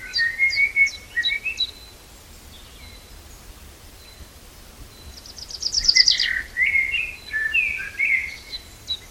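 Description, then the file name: Common chaffinch song phrase, a quick descending run of notes ending in a flourish, with repeated thin chirps before it and twittering after. "Fringilla coelebs"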